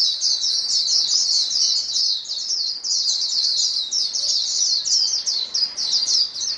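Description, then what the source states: White-eye: steady bright chorus of white-eyes, high twittering notes piled closely together with no silence between them. Many white-eyes singing together as a chorus; known locally as pleci.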